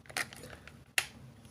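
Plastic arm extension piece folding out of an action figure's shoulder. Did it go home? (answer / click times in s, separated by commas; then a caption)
yes / 1.0 s. A plastic arm extension on the second shoulder of a Playmates Toys MonsterVerse Titan Tech Kong (Godzilla vs. Kong) action figure is folded out with a fingernail after being a little stuck. Soft plastic ticks and scrapes build up before a loud, sharp click at 1.0 s. The piece clicks into place.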